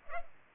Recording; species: mosquito wingbeat signal from an infrared sensor; Culex pipiens